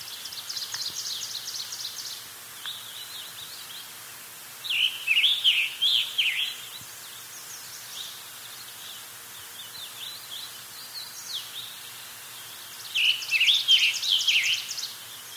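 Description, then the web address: Scarlet tanager song: hoarse, burry warbled phrases in bursts, with rapid buzzy trills at the start and end and phrases of varying loudness between them. Eastern lowlands of South America. "Nature Songs S America Eastern Lowlands. Scarlet Tanager"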